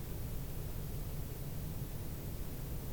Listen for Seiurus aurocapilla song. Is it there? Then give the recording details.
no. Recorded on 26 June 2016 at 05:58. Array SBT-6-76